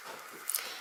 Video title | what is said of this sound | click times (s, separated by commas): [REVUE,TEST] feutres aquarellables Nuvo | parce que on arrive après un autre clic pour dire que c'est fermé et | 0.5 s, 0.6 s